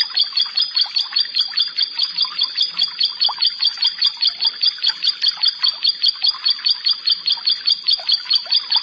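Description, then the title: Bar-winged prinia song: high doubled notes repeated steadily, about two or three per second, throughout. "Ciblek Sawah"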